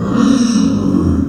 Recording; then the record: squeal of a Yucatan mini pig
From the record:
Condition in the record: after surgery on the right vocal fold (resection and tissue-engineered implant); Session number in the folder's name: 9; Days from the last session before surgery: 65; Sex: female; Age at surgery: 19 weeks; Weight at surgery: 25 kg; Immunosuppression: prednisolone